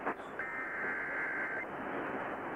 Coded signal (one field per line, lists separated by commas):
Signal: Emergency Alert System (SAME) tones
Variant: header bursts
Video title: February 24, 2018 Severe Weather Event (EAS #451-459)